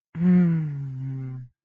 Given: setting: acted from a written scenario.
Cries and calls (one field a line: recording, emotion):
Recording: vocal sound without words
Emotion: contentment